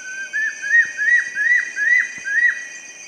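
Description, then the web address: Brown capuchin whistling a series of several clear notes, each rising then dropping sharply, a little over two per second. Primate of the South American rainforest. "Nature Songs S America Primates of the Rainforest Brown capuchin monkey"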